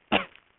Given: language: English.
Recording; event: throat vibration sensor signal played as sound; cough